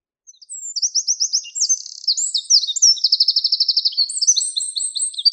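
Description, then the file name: Eurasian wren song, shrill and hurried, mixing sharp twittering notes with fast rattling trills. "krapivnik"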